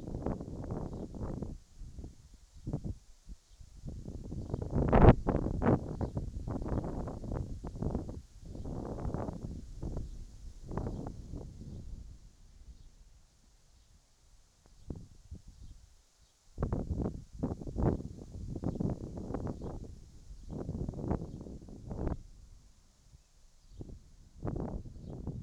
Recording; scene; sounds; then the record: everyday scene through a hearing-aid microphone; wind on the microphone; wind, whistling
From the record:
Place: in front of a rural house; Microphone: in the ear canal, right